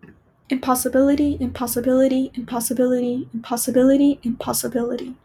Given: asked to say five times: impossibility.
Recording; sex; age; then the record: repeated word; female; 20 to 29 years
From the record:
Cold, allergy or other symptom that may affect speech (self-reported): no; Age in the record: 22 years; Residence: California, United States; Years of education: 12